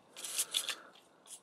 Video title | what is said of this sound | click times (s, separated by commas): Titans Return Voyager ASTROTRAIN: EmGo's Transformers Reviews N' Stuff | flip out his hand that will lock into place right there | 0.6 s